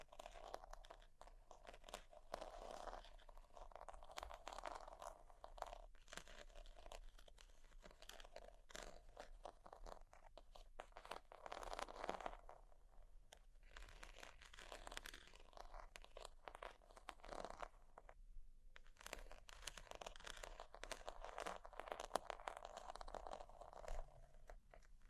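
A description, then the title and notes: Sheets are scratched and tapped, with dense crinkling and crunching that runs almost without a break for the whole stretch. Sharp taps and scrapes cluster in bursts, with a brief hush near eighteen seconds. ASMR Extremely Sleepy Sheets Scratching Tapping（No Talking）.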